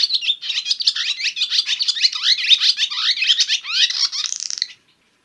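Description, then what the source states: Barn swallow twittering: fast run of squeaky chirps, slurred warbles and rising notes, continuous for nearly five seconds before stopping. Recorded in Winnipeg.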